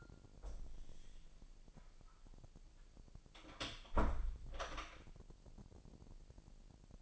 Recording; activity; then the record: daily activity, microphone in the room; close door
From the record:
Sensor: 5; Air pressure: 1001.3 hPa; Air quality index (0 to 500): 248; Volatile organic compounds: 35 ppm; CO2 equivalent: 3059 ppm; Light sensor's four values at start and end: 36/83/33/32 and 36/84/33/32